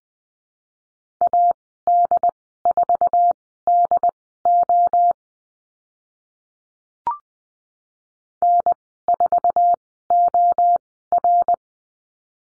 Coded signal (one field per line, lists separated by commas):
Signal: Morse code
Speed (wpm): 20 wpm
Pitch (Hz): 700 Hz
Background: none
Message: AD4DO N4OR